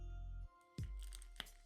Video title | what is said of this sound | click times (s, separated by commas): SH Figuarts Zamasu UNBOXING Dragon Ball figurine | Voilà, ça s'emboîte bien, ça fait un petit bruit. | 1.4 s